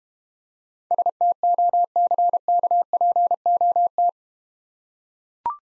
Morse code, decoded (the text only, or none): STOCKPOT